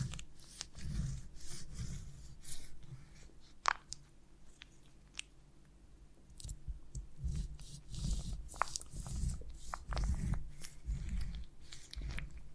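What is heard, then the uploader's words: A honeycomb on a branch is handled, giving soft rubbing and crinkly scraping sounds in short irregular bursts throughout. A sharp crack stands out near four seconds, and low muffled thumps and brushing come in waves, busiest from about eight to eleven seconds. ASMR of a Honeycomb on Branch (No Talking).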